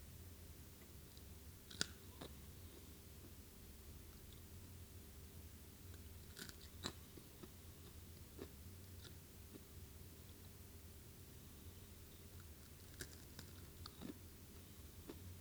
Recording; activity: daily activity, guitar pickup as the sensor; eat